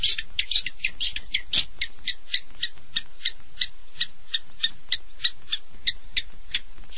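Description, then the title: Long-tailed shrike song: a steady series of short, harsh chattering notes, about three each second, with a few louder accents. "Kicau Burung Pentet"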